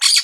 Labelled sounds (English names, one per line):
Brown-throated Parakeet contact call